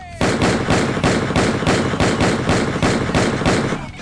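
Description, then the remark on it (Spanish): A loud, steady burst of gunfire sound effect, with about a dozen sharp bangs in rapid rhythmic succession for several seconds before cutting off abruptly. No voices are heard. “se hace acreedor del disparo de hoy es el señor George W. Jr.”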